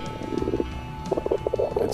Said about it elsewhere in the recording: A Tascam machine. Hear my stomach groan? Your stomach just growled, and the mic caught it. That's how loud it was. I eat too fast, I think.